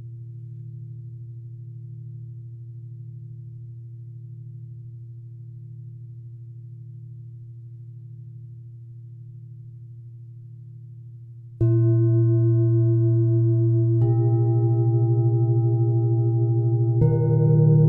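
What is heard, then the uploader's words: A singing bowl hums a low, steady tone for about twelve seconds, then louder struck tones enter sharply at roughly 12, 14 and 17 seconds. Singing bowl sound.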